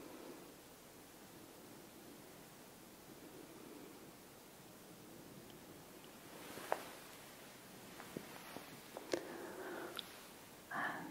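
Face brushing produces a soft, steady hiss that fills most of the clip with little change. From around the seventh second, small sharp clicks and brief scratches break in every second or so. A louder, fuller burst, possibly a whisper, arrives near the end.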